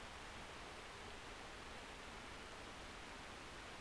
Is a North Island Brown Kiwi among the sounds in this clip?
no